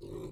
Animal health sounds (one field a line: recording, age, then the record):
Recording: pig call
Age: weaner (32 to 43 days)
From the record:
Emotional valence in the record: negative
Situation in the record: novel object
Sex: female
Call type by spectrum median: low-frequency call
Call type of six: low-frequency stable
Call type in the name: low-frequency stable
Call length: 0.32 s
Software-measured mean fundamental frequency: 48 Hz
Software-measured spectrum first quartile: 163 Hz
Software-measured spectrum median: 334 Hz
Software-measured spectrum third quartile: 485 Hz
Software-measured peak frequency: 363 Hz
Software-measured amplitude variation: 140 dB a second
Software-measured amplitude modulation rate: 33.2 a second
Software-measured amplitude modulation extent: 4.2 dB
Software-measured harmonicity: 2.4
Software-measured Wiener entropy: 0.15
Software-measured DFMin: 680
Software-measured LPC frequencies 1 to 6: 372, 1022, 2275, 3778, 4250, 6316 Hz